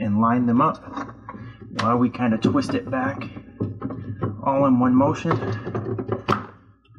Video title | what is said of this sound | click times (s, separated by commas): Kitchenaid Dishwasher Repair - Not Cleaning Properly - KUDI01ILWH2 | then it kind of snaps into place back here. | 6.3 s